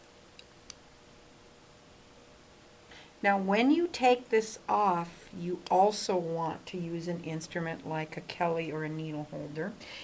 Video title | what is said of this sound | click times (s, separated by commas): Handing Instruments | you're going to slide this in and you'll hear it click | 0.7 s